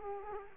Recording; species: mosquito wingbeat signal from an infrared sensor; Culex quinquefasciatus